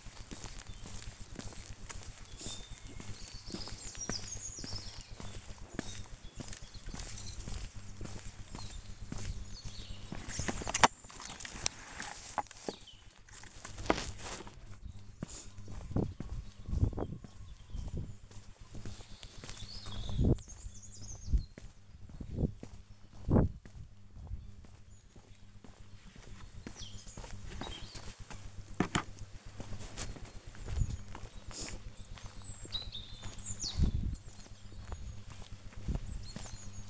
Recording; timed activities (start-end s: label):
household activities, microphone on the right wrist
0.00-36.90 s: working in the garden